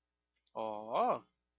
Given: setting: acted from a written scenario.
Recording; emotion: vocal sound without words; positive surprise